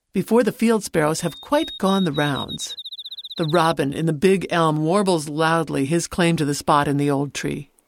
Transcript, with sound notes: “Before the Field Sparrows have quite gone the rounds, [Field Sparrow song in background] the robin in the big elm warbles loudly his claim to the spot in the old tree